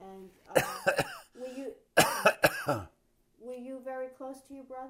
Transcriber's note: coughs